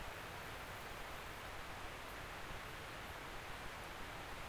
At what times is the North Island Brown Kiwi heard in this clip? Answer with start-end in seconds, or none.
none